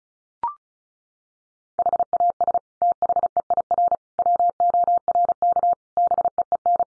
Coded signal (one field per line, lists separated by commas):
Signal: Morse code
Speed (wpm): 34 wpm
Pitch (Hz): 700 Hz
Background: none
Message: HAS THEIR WORK BEEN